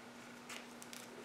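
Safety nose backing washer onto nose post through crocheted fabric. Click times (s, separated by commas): 0.8 s, 0.9 s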